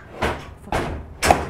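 A telescoping metal part on a Cimarron Norstar 4 Horse Bumper Pull trailer is pushed into its lock after first not going fully home. Three broad thumps of metal sliding and knocking are heard at about 0.2, 0.7 and 1.2 seconds. The part locks home with a sharp thud at 1.3 s.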